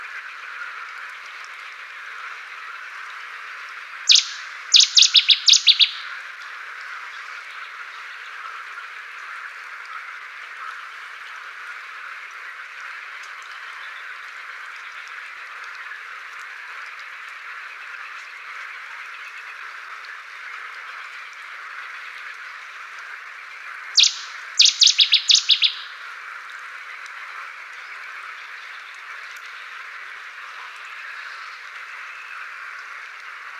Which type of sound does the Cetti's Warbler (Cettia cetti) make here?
song